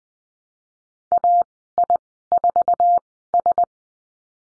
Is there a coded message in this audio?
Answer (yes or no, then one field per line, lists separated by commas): yes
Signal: Morse code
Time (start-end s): 1.1-3.6 s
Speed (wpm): 20 wpm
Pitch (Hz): 700 Hz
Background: none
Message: AI4S